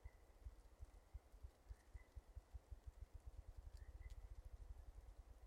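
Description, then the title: Ruffed grouse drumming: low muffled thumps starting slowly, then speeding into a rapid roll; a few faint high chirps in the background. Male drumming in North America during mating season, on a log declaring territory and availability; fluffs feathers and pounds every five to twelve minutes, low rapid thumps like a distant generator. "Ruffed Grouse - Bonasa umbellus - male drumming"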